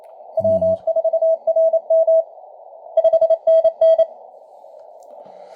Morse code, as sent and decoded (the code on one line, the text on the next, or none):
.-- ....- .-. -- / ..... -. -.
W4RM 5NN